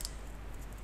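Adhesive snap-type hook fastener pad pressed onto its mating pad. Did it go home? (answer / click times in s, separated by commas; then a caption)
yes / 0.1 s. An adhesive snap-type hook fastener pad is pressed together again onto its mating pad, giving a single sharp click at 0.05 s. The fastener clips together and is seated.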